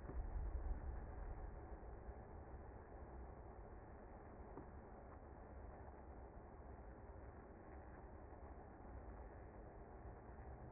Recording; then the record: honeybee colony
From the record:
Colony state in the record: active